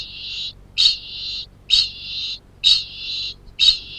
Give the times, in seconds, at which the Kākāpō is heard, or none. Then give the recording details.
0.00-3.99. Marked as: faintness 1/5. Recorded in New Zealand. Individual Arab